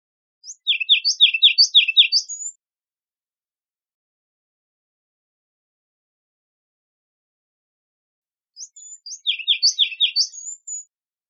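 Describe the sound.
Ruby-crowned kinglet with two short bursts of high notes and quick descending chirps, separated by about six seconds of silence.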